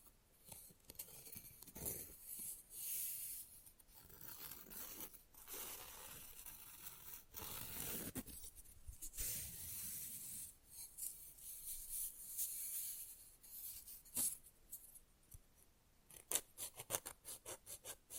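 Fast, rough nail filing scrapes in bright, gritty strokes with brief pauses, ending in a quicker run of sharp taps and short rasps.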